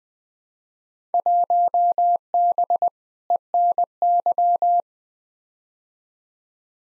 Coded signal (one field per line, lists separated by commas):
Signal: Morse code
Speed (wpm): 20 wpm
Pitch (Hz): 700 Hz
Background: none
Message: 1B ENY